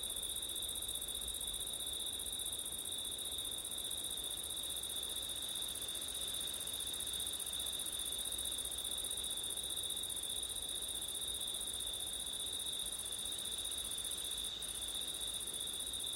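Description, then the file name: Crickets trill without pause in a dense high chorus, steady and unchanging throughout, backed by faint low wind. Crickets at night in September, with wind; ORTF microphone setup. "crickets wind september night ortif"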